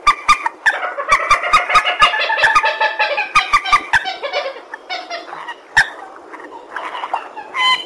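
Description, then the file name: Purple swamphen uttering rapid, repeated nasal honks in a steady stream, punctuated by sharp clicks, then quieter scattered notes. "tieng trich re keu"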